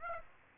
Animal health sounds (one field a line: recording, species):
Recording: mosquito wingbeat signal from an infrared sensor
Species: Aedes aegypti